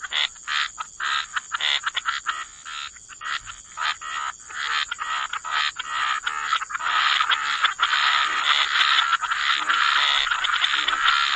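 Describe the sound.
Frogs croaking in rapid short pulses that merge into a louder continuous chorus in the second half, with steady hiss behind.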